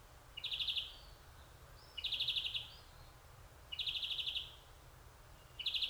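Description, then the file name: European greenfinch giving four short, rapid trilled twitters separated by pauses. "Chloris chloris"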